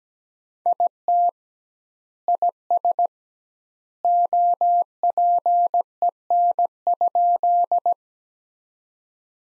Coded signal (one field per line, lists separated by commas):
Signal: Morse code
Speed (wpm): 17 wpm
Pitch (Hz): 700 Hz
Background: none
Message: IT IS OPEN?